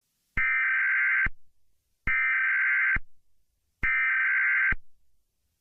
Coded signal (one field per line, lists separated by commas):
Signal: Emergency Alert System (SAME) tones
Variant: header bursts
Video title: Eas Scenario 011 - Operation of the Silent Feast (The Thanksgiving Special)